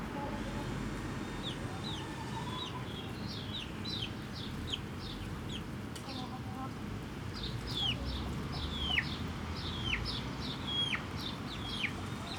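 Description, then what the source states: Chicken chicks peeping, high falling notes in clusters, some longer drawn-out peeps later, and a faint low note early on over background hum. Hens and chicks in a henhouse in the Atelier 34zero museum garden, Jette, Brussels, Belgium; recorded with DPA 4060 microphones in AB position to a Zoom F3.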